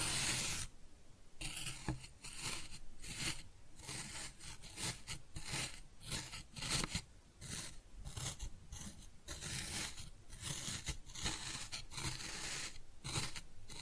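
Kinetic sand being cut and scooped, with repeated crisp, gritty scraping strokes roughly every half second and brief quiet gaps between them.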